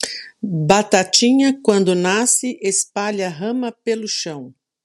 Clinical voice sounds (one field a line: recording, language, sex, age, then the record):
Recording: short text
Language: Brazilian Portuguese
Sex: female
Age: 50 to 59 years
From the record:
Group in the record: control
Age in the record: 51 years